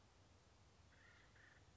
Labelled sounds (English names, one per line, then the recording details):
Acorn Woodpecker
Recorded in Sonoma County, California